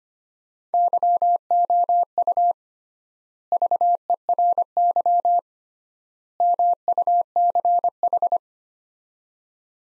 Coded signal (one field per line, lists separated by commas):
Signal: Morse code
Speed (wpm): 25 wpm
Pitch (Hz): 700 Hz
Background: none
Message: YOU VERY MUCH